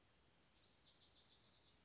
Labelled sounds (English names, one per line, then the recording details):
Bewick's Wren
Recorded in Sonoma County, California